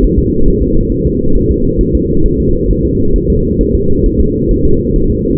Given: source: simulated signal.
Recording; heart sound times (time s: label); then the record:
fetal heart sounds
0.04 s: S1
0.19 s: S2
0.48 s: S1
0.62 s: S2
0.92 s: S1
1.06 s: S2
1.36 s: S1
1.51 s: S2
1.81 s: S1
1.95 s: S2
2.26 s: S1
2.40 s: S2
2.71 s: S1
2.85 s: S2
3.16 s: S1
3.30 s: S2
3.61 s: S1
3.75 s: S2
4.06 s: S1
4.20 s: S2
4.51 s: S1
4.66 s: S2
4.96 s: S1
5.10 s: S2
From the record:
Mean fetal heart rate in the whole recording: 135 bpm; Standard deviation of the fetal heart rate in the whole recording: 3 bpm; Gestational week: 36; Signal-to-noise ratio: -17.7 dB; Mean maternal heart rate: 72 bpm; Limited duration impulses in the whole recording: present